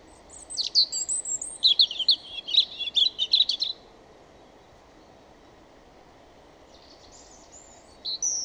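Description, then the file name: European robin song: a high, thin phrase of tinkling, warbling notes lasting about three seconds, then a pause and the start of another phrase near the end. "Erithacus rubecula"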